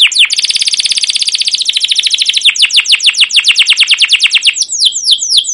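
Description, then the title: Canary singing a rapid rattling trill that shifts into slower, descending whistled notes, bright and continuous throughout. Singing canary used as a lure (pancingan) to train other canaries; long rolling song (ngerol) with cuit cuit notes. "CUIT CUIT NGEROL LANGSUNG GACOR PANJANG Kenari Ini AMPUH Utk Pancingan KENAR"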